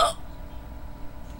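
A single abrupt hiccup from an adult woman at the start, late at night, then quiet room noise. Her hiccups have been coming off and on for about 15-20 minutes.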